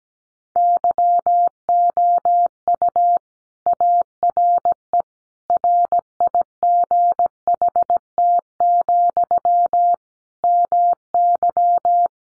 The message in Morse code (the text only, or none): YOU ARE RIGHT, MY